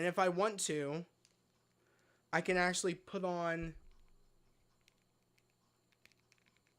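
Someone talks, then tries to press a small plastic accessory onto a toy figure, producing only a few faint small ticks of fumbling. The accessory seems to be the wrong way round, and nothing has snapped on yet.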